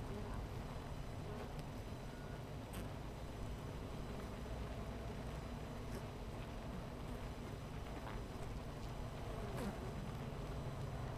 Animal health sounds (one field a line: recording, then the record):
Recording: honeybee colony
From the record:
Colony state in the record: missing queen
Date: 14 July 2017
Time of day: 10:43